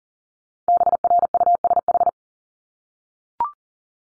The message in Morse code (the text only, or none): BRUSH